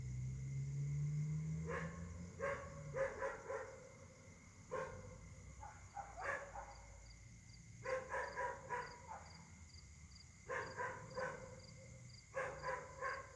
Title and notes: Caltex, 3 mares, Réunion - h08. La nuit s'annonce difficile pour les habitants: concert de chiens